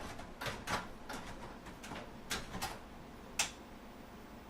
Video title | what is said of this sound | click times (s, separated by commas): How To UPGRADE PC PERFORMANCE LIVE! | It not only does it fit, it fucking snapped into place, man. | 3.4 s